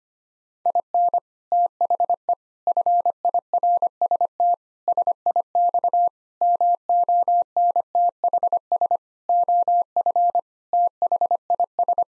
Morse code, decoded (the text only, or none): IN THE FIRST SIX MONTHS OF THIS